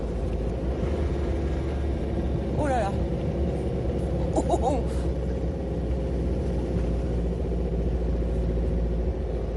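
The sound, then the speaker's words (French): A convertible's engine drones steadily with a low, continuous rumble as a woman drives it, while her voice breaks in with a couple of brief excited exclamations. “Et aujourd'hui, au volant de sa décapotable, elle est déjà ivre de bonheur.”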